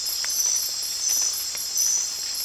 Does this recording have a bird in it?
no